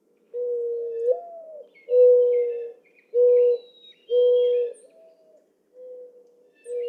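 Mourning dove song, a low mournful phrase: soft coo rising into a slur, then three level coos, followed by fainter coos and another phrase; faint high bird chirps.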